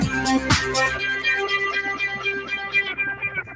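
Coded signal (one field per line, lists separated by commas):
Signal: none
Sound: guitar music notes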